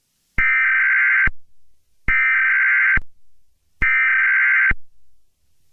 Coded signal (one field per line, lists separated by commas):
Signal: Emergency Alert System (SAME) tones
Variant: header bursts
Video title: EAS Scenario #4 - Supernova